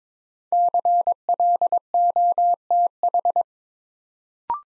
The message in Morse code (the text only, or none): CLOTH